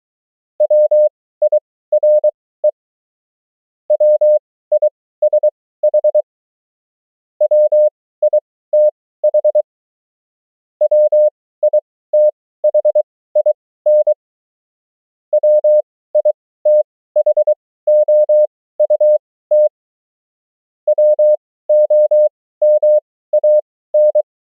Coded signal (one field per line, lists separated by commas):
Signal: Morse code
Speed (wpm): 23 wpm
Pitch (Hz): 600 Hz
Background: none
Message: WIRE WISH WITH WITHIN WITHOUT WOMAN